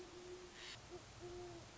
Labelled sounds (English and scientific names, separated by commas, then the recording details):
Great Horned Owl (Bubo virginianus)
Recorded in Sonoma County, California